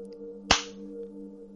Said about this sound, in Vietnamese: Cao Cường tát cho Thụy một cái rồi hất hàm nói